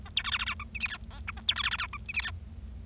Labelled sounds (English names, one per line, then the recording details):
Bengalese Finch song
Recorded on 25 March 2012 at 08:21
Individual gy6or6